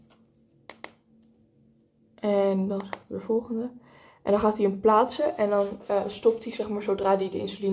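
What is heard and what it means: An insulin reservoir with its tubing is inserted into an insulin pump and twisted until it is fixed in place. Two sharp, short clicks are heard at 0.7 s and 0.85 s as it seats, after which someone talks.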